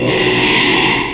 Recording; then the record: squeal of a Yucatan mini pig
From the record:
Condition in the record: after surgery on the right vocal fold (resection and tissue-engineered implant); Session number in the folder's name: 1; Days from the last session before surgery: 6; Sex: male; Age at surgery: 12 weeks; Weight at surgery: 13 kg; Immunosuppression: cyclosporine, prednisolone